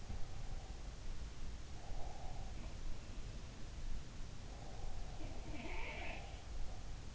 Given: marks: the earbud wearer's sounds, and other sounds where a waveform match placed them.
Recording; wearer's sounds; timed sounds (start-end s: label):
sounds in sleep by an in-ear microphone; breath
0.00-2.65 s: breath
4.59-6.77 s: breath
5.17-6.42 s: sound from someone else or the room